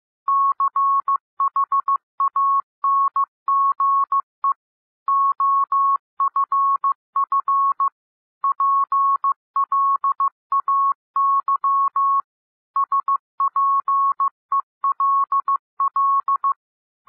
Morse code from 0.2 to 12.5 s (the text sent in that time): CHANGE OFF PLAY